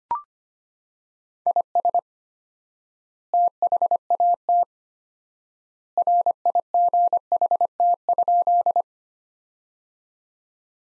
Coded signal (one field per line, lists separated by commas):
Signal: Morse code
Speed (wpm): 25 wpm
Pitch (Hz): 700 Hz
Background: none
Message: IS THAT RIGHT?